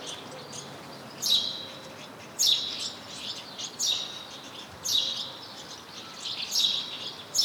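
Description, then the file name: House sparrow giving loud, sharp chirps in a loose, irregular series. "Passer domesticus"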